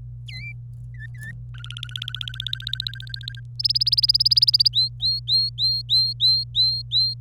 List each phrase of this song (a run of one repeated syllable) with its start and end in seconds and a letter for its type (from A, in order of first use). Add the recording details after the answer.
0.28-0.52 A, 0.94-1.32 B, 1.54-3.40 C, 3.59-4.68 D, 4.74-7.14 E. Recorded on 25 April 2018 at 17:43. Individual llb3